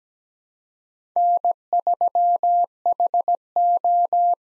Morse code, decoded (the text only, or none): N3HO